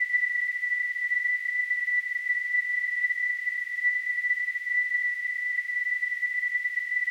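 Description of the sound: Simulated tinnitus: a steady, continuous high-pitched tone near 2 kHz with a faint hiss above it, unchanging throughout.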